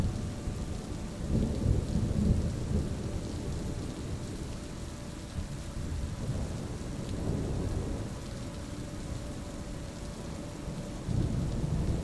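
A powerful storm rumbles low and steady, with dense rain, deep thunder swelling near two seconds and again at the end, and a faint sustained tone.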